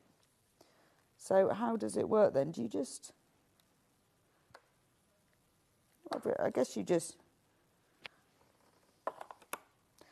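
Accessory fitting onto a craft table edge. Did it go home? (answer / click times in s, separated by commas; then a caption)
yes / 9.1 s, 9.5 s. Someone talks while an accessory is fitted onto the edge of a sewing/cutting table, followed by quiet handling sounds. Two sharp clicks at 9.1 s and 9.5 s mark the table attachment clicking into place, seated.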